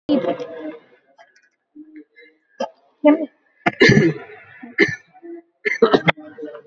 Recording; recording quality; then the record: heavy voluntary cough; moderate, slight background noise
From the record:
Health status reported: COVID-19 positive, mild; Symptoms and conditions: cough, cold, breathing difficulty, fever, fatigue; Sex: male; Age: 39 years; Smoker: not ticked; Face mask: not worn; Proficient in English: no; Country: India